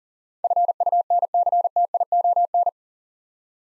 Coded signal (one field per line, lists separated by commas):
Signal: Morse code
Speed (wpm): 42 wpm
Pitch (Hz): 700 Hz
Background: none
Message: FUNCTION